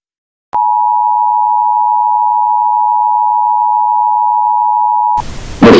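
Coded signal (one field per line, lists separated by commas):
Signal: Emergency Alert System (SAME) tones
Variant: 853 and 960 Hz attention tone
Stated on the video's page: Fictional EAS scenario.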